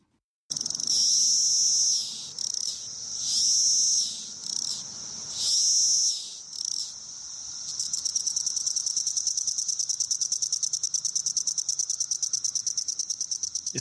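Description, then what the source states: Cassin's 17-year cicada courting call: high buzzing phrases swelling and fading about every two seconds, then a fast pulsing rattle repeated several times a second. Courting call of a male periodical cicada.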